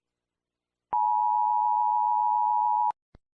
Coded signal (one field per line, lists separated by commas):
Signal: Emergency Alert System (SAME) tones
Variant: 853 and 960 Hz attention tone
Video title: Rating 25 EAS Alarms | Estilo Gacha Club | Pinstripe King SSJ4